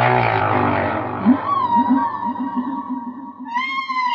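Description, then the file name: Whale song: a run of low pulsed grunts beneath a long, high harmonic moan. "song of the whales"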